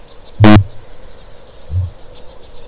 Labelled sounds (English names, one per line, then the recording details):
Kākāpō boom
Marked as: faintness 1/5
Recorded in New Zealand
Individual Stumpy